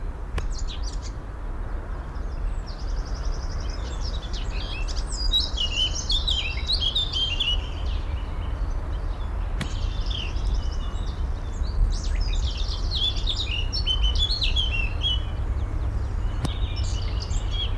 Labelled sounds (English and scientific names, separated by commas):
Eurasian Blackcap (Sylvia atricapilla)